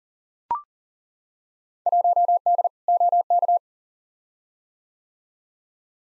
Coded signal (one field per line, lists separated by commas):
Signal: Morse code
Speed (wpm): 38 wpm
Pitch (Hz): 700 Hz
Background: none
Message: 1D OK